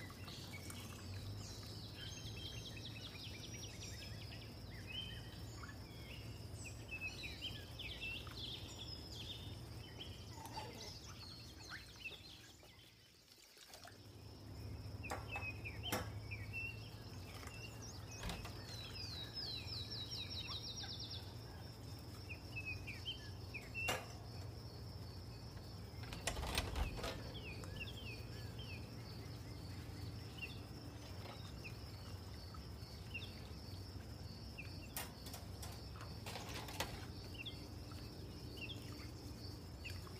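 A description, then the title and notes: Summer kitchen ambience: a steady low hum runs throughout under a thin, high whine, with bird-like chirps scattered on top. Sharp clinks and knocks land around 16, 24, 26 and 36 seconds, and the sound briefly drops away near 13 seconds. Summer kitchen white noise has the sound of cooking and baking.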